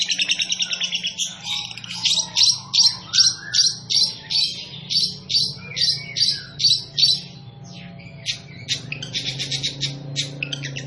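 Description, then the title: Long-tailed shrike song, a string of loud harsh notes repeated two or three times a second, then softer mixed chirps and trills, over a low background hum. Singing bird described as 'gacor', a local term for a bird in full, vigorous song. "Cendet Gacor"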